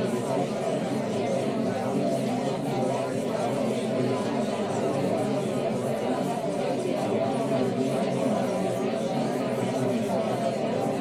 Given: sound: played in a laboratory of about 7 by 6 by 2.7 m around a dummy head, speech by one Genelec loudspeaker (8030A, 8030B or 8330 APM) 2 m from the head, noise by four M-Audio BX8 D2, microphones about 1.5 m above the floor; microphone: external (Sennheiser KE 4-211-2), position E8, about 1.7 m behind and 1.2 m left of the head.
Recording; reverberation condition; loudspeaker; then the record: babble noise; low; four, about 170 cm from the corners of the room and facing them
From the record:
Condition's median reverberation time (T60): about 310 ms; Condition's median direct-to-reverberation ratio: about 3.5 dB